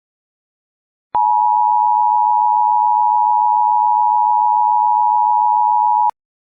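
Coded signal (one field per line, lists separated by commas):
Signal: Emergency Alert System (SAME) tones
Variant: 853 and 960 Hz attention tone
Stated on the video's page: Fictional EAS scenario, simulated alert.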